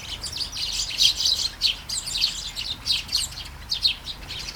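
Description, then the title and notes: Sparrow calls, bright chirps in small bursts, several birds overlapping, faint hiss behind. Flying sparrows in a garden, early morning, during light shower, Taastrup, Denmark; recorded with Sony PCM-D100 internal mics. "Kærengen 8, 2630 Taastrup, Denmark - Flying sparrows. Flying sparrows in the garden, early morning. Light shower. Vols de moineaux dans le jardin, au petit matin. Pluie fine"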